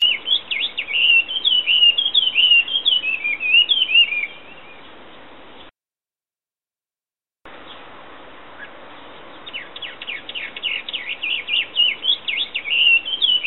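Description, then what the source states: Bird singing quick, high whistled warbles, then a brief dropout, followed by rapid repeated sharp notes over a constant background hiss. Unidentified songbird heard from the garden on 20 April 2025, a cloudy day; the writer renders it 'on-kakaka'.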